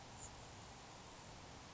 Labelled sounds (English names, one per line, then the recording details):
Grasshopper Sparrow
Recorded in Sonoma County, California